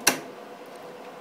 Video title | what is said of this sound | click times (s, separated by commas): Project Double Team - Upgrading Processors in a Server | feel it click | 0.1 s